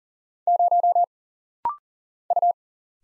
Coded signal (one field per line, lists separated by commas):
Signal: Morse code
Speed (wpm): 43 wpm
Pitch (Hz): 700 Hz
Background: none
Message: 0 U